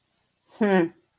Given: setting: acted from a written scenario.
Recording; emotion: vocal sound without words; contempt